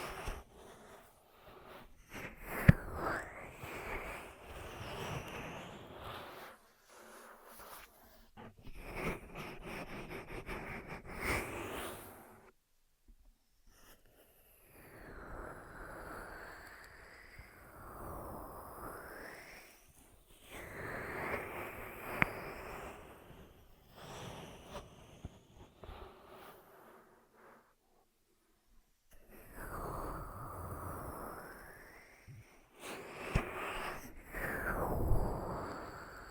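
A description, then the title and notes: Ear massage sounds come in soft rubbing, swishing bursts that rise and fall in waves, each lasting several seconds with short quiet gaps between. The strokes have a breathy, airy texture, sometimes with quick rhythmic rustles, and a few sharp taps stand out near the start and middle. ASMR 10 Ear Massages for Sleep (No Talking).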